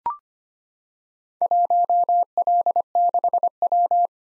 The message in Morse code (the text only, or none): 1L6W